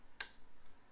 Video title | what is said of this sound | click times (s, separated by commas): PURCHASING SERIES #19: The Singer 15-91: Arguably The Most Powerful Domestic Sewing Machine Ever!!! | press down and you can hear the clicking there | 0.2 s